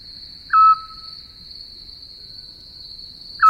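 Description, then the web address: Eurasian scops owl giving one clear short whistled hoot, with the next beginning just at the end, over a persistent high insect trill. "sova splyushka"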